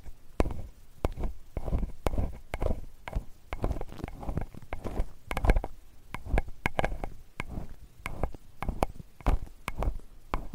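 Ear cleaning with a metal ear pick: a steady run of soft scraping and rustling strokes, low and muffled, packed closely together. Sharp little clicks and ticks cut through every second or so, some bright and crisp, with no pause throughout.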